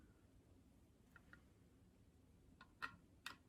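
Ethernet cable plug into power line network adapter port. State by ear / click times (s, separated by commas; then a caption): not seated / none. An ethernet cable's plastic RJ45 plug is being handled at the port on the bottom of a power line network adapter. Over a faint steady hum, a few light ticks and sharper clicks sound, the strongest near 2.8 and 3.3 seconds. Nothing has seated or clicked into place yet.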